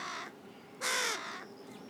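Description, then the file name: Carrion crow, a single loud hoarse caw following a fainter one just before it. "Corvus corone"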